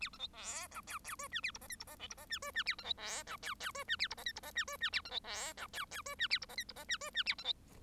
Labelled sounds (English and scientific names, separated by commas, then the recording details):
Bengalese Finch (Lonchura striata domestica) song
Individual Bird1